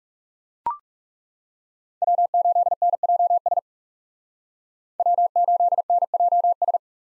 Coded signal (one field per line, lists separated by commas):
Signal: Morse code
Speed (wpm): 37 wpm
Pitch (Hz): 700 Hz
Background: none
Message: W8NJS W8NJS